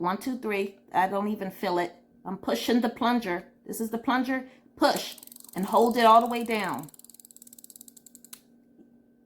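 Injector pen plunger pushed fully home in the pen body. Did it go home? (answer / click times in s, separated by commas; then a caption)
yes / 7.6 s, 7.7 s, 7.8 s, 8.3 s. Someone talks while pushing the plunger of a plastic pre-filled Ozempic injector pen all the way down and holding it during an abdominal injection. A fast run of ratchet clicks at 7.6, 7.6, 7.7, 7.8 and 7.8 seconds ends in a louder final click at 8.3 seconds. The plunger seats fully home in the pen body, showing the dose has been delivered.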